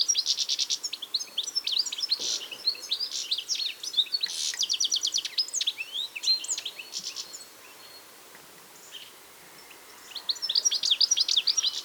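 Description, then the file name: European goldfinch lively twittering, rapid high tinkling notes and rattling buzzes for about seven seconds, a quiet pause, then the chatter resumes near the end. "Carduelis carduelis"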